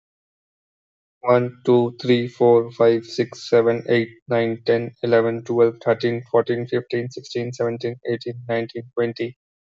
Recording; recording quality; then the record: counting at a fast pace; excellent, no background noise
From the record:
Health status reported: healthy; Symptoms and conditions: none ticked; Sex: male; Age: 32 years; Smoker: not ticked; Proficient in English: yes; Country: India